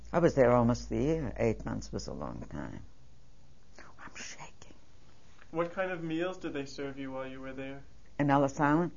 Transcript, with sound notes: I was there almost a year. Eight months was a long time. (Whispers.)
What kind of meals did they serve you while you were there?
In Ellis Island?